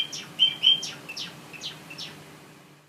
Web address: pesnya risovoi amadiny. padda oryzivora